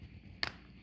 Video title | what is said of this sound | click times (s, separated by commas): Hyundai Veloster smart key fob battery replacement | so until it comes you'll hear it snap apart it's not a bad thing | 0.4 s